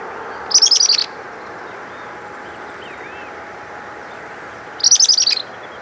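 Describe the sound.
Bird calling with two short bursts of rapid, high-pitched twittering notes, a pause of nearly four seconds between them, and steady hiss throughout.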